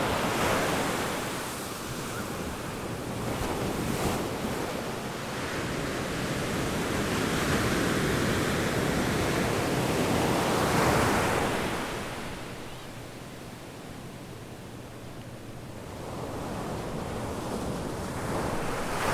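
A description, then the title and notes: Waves crash on a sandy shore in a dense, rolling roar that swells near seven and eleven seconds, then eases and builds again. Wright's Beach, Sonoma Coast. Waves crashing on the sandy shore. Recorded by Meghan Fohl.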